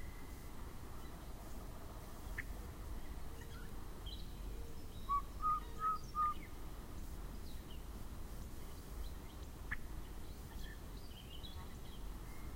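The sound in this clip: Yellow-breasted chat calling with four short, evenly spaced whistled notes in the middle, plus a couple of sharp clicks, against constant low background rumble.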